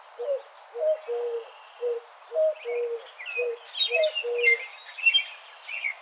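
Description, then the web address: Eurasian collared dove giving soft, repeated three-part coos, with bright chirping of other birds mixed in. Recorded on 12 May 2007. "Eurasian Collared Dove 2007 05 12"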